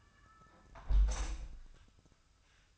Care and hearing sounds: daily activity, microphone in the room; close window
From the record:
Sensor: 2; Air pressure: 1004.5 hPa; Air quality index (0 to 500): 88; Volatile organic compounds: 2 ppm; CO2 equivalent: 1053 ppm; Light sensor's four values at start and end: 6/15/6/6 and 6/14/5/6

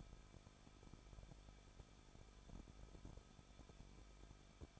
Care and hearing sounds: daily activity, microphone in the room; no activity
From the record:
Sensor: 5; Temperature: 20.7 degrees Celsius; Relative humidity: 38.6%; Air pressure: 1006.5 hPa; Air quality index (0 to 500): 192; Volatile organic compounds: 21 ppm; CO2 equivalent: 2717 ppm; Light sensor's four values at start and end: 2/3/1/1 and 2/3/1/1

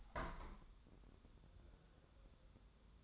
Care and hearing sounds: daily activity, microphone in the room; open window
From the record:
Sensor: 3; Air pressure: 1014.9 hPa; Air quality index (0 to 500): 75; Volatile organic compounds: 2 ppm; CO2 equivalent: 1008 ppm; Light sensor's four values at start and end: 9/22/9/9 and 10/23/9/9

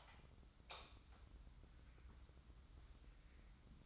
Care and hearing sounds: daily activity, microphone in the room; light on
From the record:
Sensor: 3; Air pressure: 994.4 hPa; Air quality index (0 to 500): 210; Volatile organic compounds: 1000 ppm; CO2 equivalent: 7001 ppm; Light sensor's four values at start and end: 184/443/186/183 and 188/455/191/189

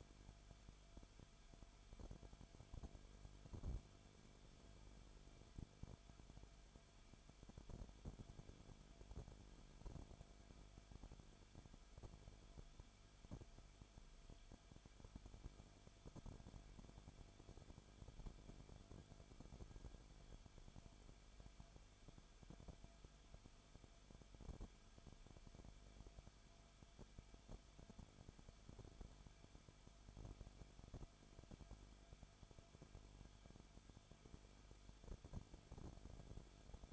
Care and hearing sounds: daily activity, microphone in the room; no activity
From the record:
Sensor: 5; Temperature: 20.4 degrees Celsius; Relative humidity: 39.7%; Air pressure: 1010.8 hPa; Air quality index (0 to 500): 165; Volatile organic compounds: 15 ppm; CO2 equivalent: 2500 ppm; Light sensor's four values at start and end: 2/3/1/1 and 2/3/1/1

